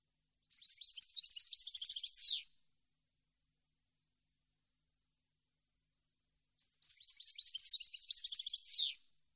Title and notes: Cd de canto de jilguero limpio para copia.